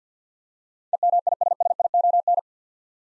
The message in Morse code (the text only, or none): EMISSION